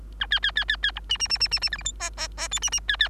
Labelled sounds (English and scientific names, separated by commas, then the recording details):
Bengalese Finch (Lonchura striata domestica) song
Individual Bird3